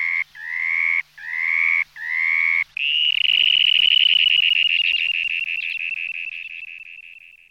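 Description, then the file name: Dunlin giving four buzzy, wheezy notes in quick succession, then a long fast purring trill that slowly fades. "jespák-obecný"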